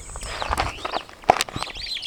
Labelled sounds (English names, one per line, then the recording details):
Superb Starling flight call
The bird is a male
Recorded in Kenya on 2 June 2010
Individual 16, of group CF2